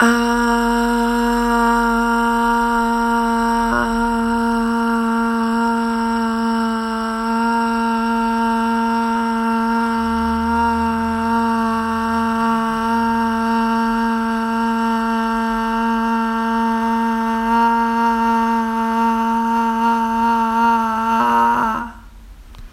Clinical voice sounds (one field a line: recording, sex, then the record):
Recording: sustained vowel /a/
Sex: female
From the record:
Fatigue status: no fatigue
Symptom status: asymptomatic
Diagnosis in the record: COVID-19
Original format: m4a